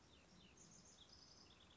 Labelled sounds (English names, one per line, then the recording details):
House Wren
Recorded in Sonoma County, California